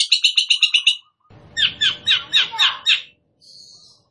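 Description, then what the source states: Long-tailed shrike with a rapid buzzy trill, then a string of harsh notes over a low rumbling noise. Bird described as 'gacor', meaning singing vigorously.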